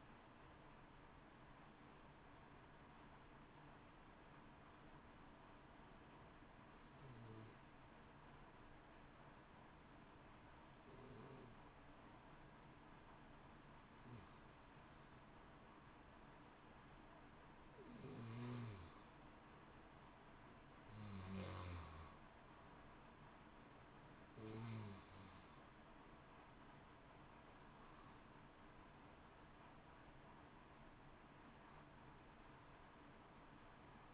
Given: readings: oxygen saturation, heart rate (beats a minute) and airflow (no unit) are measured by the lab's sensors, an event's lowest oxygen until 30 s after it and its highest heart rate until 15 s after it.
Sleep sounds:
breathing in sleep by a voice recorder at the bedside; 1
7.00-19.20 s: hypopnea (N1, oxygen 95% highest, then 91% lowest)
From the record:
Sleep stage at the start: N1 (lightest sleep); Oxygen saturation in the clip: 91 to 95%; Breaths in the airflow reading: 14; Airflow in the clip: -0.7 to 0.8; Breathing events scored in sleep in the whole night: 328 in 6.3 hours asleep

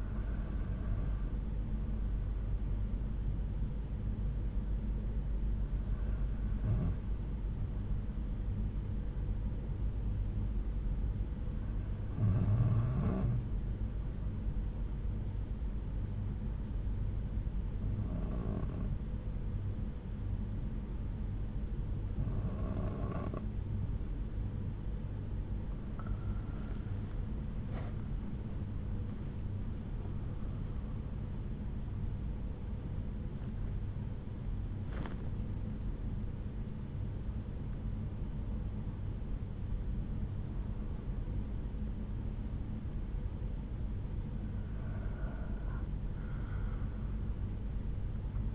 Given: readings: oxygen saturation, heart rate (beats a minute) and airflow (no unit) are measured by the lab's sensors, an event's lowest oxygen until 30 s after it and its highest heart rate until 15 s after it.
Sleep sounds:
breathing in sleep by a smartphone at the bedside; 1
4.00-25.30 s: hypopnea (N2, oxygen 96% highest, then 93% lowest)
29.00-48.55 s: new sleep stage, N1 (lightest sleep)
From the record:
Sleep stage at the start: N2 (light sleep); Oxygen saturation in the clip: 93 to 96%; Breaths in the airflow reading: 10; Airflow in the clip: -7.7 to 6.6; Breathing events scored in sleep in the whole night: 368 in 8.0 hours asleep

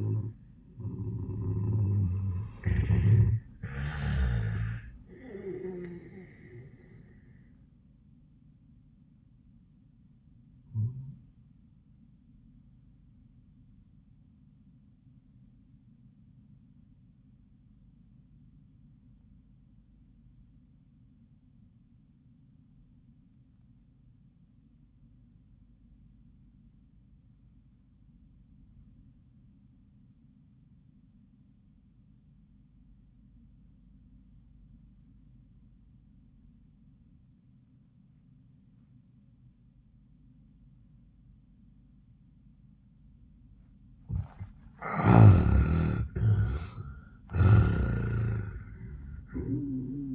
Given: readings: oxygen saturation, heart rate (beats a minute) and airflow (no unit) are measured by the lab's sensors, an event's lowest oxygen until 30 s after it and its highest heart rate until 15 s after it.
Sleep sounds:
breathing in sleep by a smartphone at the bedside; 1
10.00-46.10 s: obstructive apnea (N1, oxygen 96% highest, then 74% lowest, heart rate 80 at the start, 93 highest)
From the record:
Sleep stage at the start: N1 (lightest sleep); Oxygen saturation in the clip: 77 to 96%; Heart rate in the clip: 70 to 91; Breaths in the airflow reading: 3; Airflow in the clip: -30.7 to 11.5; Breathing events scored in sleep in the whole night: 400 in 8.7 hours asleep

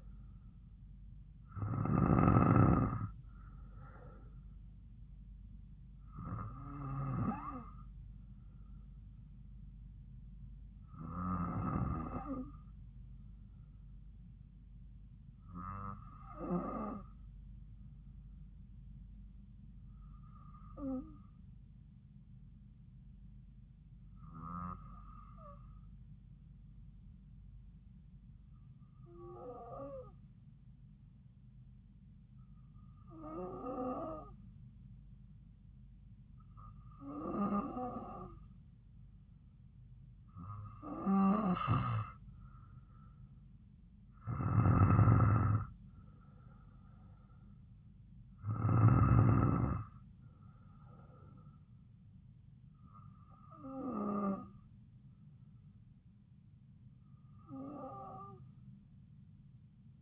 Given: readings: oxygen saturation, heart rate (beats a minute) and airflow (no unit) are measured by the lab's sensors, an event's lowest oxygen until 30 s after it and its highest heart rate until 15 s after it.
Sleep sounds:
breathing in sleep by a smartphone at the bedside; 1
25.00-42.40 s: hypopnea (N2, oxygen 95% highest, then 92% lowest)
From the record:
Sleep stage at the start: N2 (light sleep); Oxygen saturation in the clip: 92 to 95%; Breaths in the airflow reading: 14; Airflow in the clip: -3.6 to 3.4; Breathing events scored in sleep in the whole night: 270 in 6.1 hours asleep

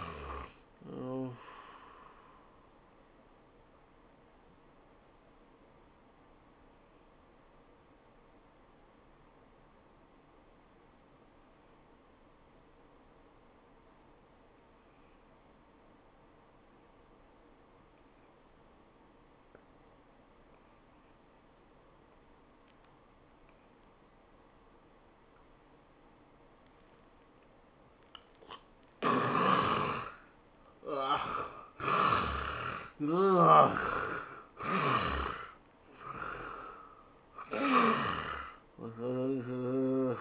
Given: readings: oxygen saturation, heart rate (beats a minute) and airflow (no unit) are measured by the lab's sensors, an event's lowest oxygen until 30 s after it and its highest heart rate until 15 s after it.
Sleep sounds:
breathing in sleep by a voice recorder at the bedside; 1
7.00-30.70 s: obstructive apnea (N1, oxygen 96% highest, then 74% lowest, heart rate 87 at the start, 102 highest)
From the record:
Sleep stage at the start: N1 (lightest sleep); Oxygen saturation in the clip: 79 to 96%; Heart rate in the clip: 79 to 102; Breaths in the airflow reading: 5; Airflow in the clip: -15.4 to 11.0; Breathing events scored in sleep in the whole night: 403 in 5.5 hours asleep

